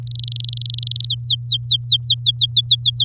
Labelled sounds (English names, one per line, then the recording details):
Domestic Canary song
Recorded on 6 May 2018 at 17:36
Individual llb16